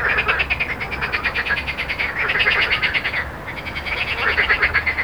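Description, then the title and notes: Frog chorus of fast, buzzy pulsed croaks in bursts, with one brief pause, over low road rumble. Frogs recorded at Jardins de la Ligne, Montaudran, Toulouse, France, with road noise, recorded on a Zoom H4n. "Jardins de la Ligne, 1 Rue Jacqueline Auriol, 31400 Toulouse, France - Frog Montaudran. Frog and road captation zoom h4n"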